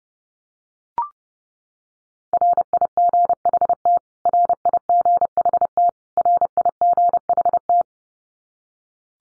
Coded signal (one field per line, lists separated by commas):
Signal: Morse code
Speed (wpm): 30 wpm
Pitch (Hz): 700 Hz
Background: none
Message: RIGHT RIGHT RIGHT